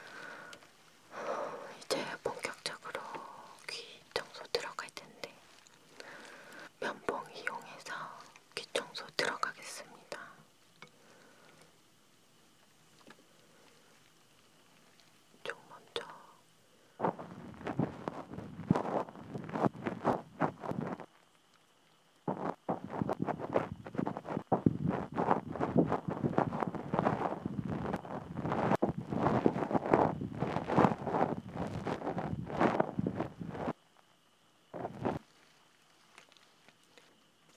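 Ear cleaning with insects chirping, heard as crackly, scratchy rubbing in dense bursts through the first ten seconds. After a quieter gap, thick scraping returns around 17 to 34 seconds with a short break, then one brief burst. A thin, steady high drone runs underneath.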